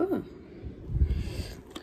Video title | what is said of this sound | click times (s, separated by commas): Oakley Pro visor Tutorial! | so boom you'll hear a clicking sound once it meets boom like that | 1.8 s